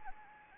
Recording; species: mosquito wingbeat signal from an infrared sensor; Anopheles gambiae